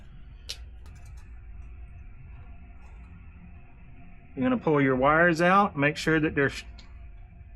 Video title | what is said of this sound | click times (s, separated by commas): Haney Technical College Electrician Program Demonstration | and you'll push it until you hear it snap sometimes they're difficult to do | 0.5 s